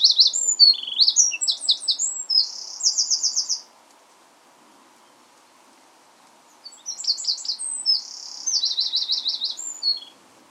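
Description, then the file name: Eurasian wren delivering two loud, rapid songs of sharp high notes and rattling trills, separated by about three seconds of quiet. "Troglodytes troglodytes"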